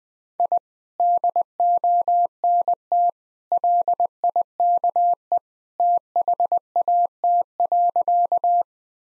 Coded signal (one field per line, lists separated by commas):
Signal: Morse code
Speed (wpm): 21 wpm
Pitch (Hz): 700 Hz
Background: none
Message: I DONT LIKE THAT.